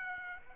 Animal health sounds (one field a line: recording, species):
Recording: mosquito wingbeat signal from an infrared sensor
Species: Aedes aegypti